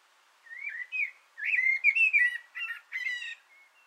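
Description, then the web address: Common blackbird song, a rich run of warbled flute-like notes delivered quickly in several bursts, with some thin high squeaks mixed in. Singing from an antenna, recorded 6 June 2025. "sammel Naturinspelningar Koltrast på antennen 2025 06 06"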